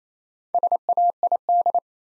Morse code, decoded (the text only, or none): SAID